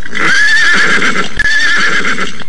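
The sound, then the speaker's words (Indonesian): Horses being spurred on by riders neigh loudly in two long, wavering, high-pitched whinnies, one after the other, with no voices over them. “Kita pacu kuda-kuda kita ini.”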